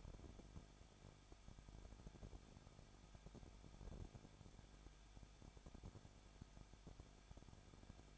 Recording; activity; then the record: daily activity, microphone in the room; no activity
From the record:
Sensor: 5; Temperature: 20.9 degrees Celsius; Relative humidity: 35.0%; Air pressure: 994.7 hPa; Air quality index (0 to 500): 154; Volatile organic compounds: 2 ppm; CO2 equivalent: 1284 ppm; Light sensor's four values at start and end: 2/3/1/1 and 2/3/1/1